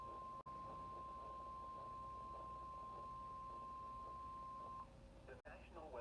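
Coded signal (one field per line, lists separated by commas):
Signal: Emergency Alert System (SAME) tones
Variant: 1050 Hz attention tone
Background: speech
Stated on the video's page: Alerts received from NOAA Weather Radio stations and numerous FM and AM broadcast stations; some recordings are end-of-message tones only.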